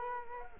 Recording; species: mosquito wingbeat signal from an infrared sensor; Culex quinquefasciatus